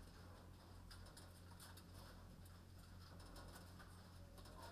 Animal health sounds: poultry house recording; healthy chickens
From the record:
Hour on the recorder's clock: 21

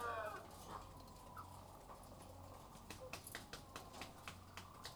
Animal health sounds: poultry house recording; sick chickens (respiratory disease)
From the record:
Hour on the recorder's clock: 13

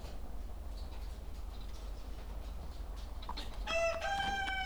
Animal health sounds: poultry house recording; sick chickens (respiratory disease)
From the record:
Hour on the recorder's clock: 17

